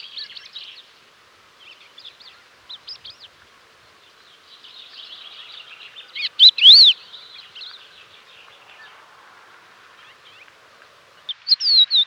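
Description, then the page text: Crested lark calls: soft scratchy chirps scattered throughout, broken by one loud slurred whistle midway and a sharp burst of whistled notes near the end. "Crested Lark Calls. Quick Sounds"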